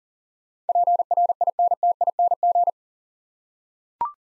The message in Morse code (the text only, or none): PRINTING